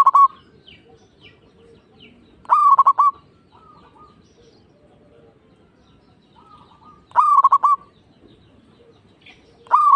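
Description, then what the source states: Zebra dove song: short rolling coos of several quick pulses, each phrase about half a second, repeated at uneven gaps. Local (lokal) zebra dove, singing.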